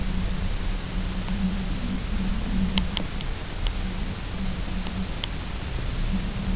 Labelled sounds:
none
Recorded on Arctic tundra, site UTQI-0, on 22 June 2018
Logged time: 18:00

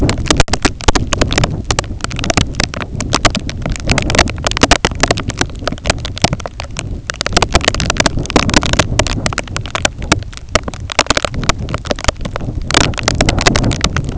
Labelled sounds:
none
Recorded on Arctic tundra, site IGLO-A, on 20 June 2018
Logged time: 21:59

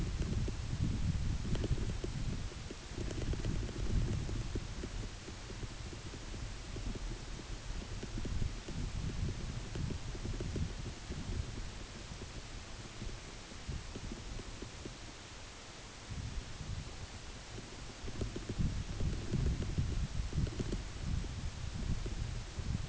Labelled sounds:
none
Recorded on Arctic tundra, site UTQI-8, on 14 June 2019
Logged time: 10:00

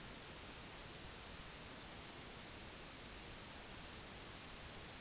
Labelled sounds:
none
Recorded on Arctic tundra, site NAIT-1, on 30 June 2019
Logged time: 06:00

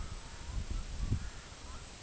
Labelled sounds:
Red-throated Loon
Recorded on Arctic tundra, site EABA-MC, on 24 June 2019
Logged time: 12:00

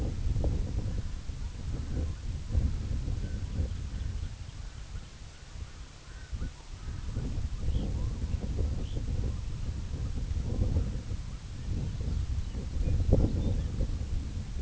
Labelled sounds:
Red-throated Loon
unidentified sound
Red Phalarope
Lapland Longspur
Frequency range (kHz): Red Phalarope 2.3-4.2 kHz; Lapland Longspur 2.2-6.0 kHz
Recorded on Arctic tundra, site IGLO-A, on 21 June 2018
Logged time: 15:59

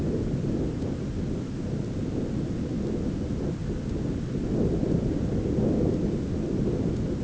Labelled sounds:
none
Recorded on Arctic tundra, site ZACK-1, on 9 June 2019
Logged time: 17:49

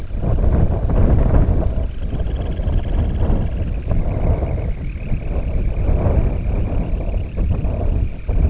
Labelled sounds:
Dunlin
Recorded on Arctic tundra, site IGLO-D, on 18 June 2018
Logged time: 04:00

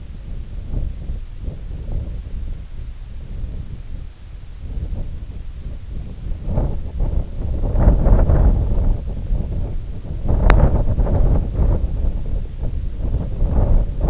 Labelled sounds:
none
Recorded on Arctic tundra, site IGLO-D, on 20 June 2018
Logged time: 16:00

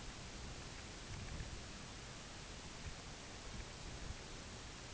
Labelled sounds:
none
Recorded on Arctic tundra, site UTQI-5, on 16 June 2019
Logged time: 12:00

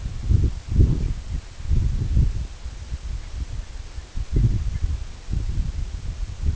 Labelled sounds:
Canada Goose
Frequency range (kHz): Canada Goose 1.1-2.9 kHz
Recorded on Arctic tundra, site EABA-1, on 24 June 2018
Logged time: 10:00

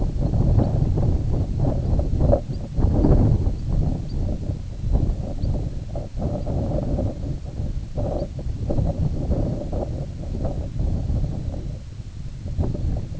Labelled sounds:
Snow Bunting
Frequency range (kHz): Snow Bunting 3.3-5.3 kHz
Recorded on Arctic tundra, site IGLO-A, on 19 June 2018
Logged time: 03:59

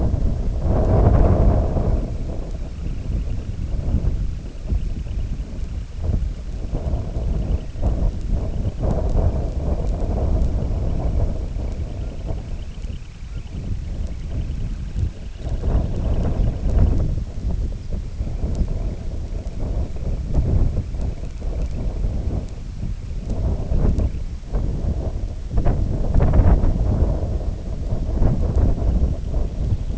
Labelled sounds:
Semipalmated Sandpiper
unidentified sound
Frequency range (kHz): Semipalmated Sandpiper 1.4-3.8 kHz
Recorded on Arctic tundra, site IGLO-D, on 18 June 2018
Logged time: 04:00

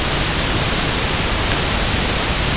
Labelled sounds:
none
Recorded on Arctic tundra, site IGLO-A, on 16 June 2018
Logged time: 09:59

